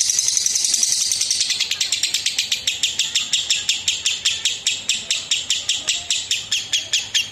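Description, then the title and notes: Lovebird song, a fast rattling series of high, dry chirps, loud at first and softening slightly as it continues. Lovebird song presented as master material for training other songbirds. "Suara Burung Lovbred Buat Masteran"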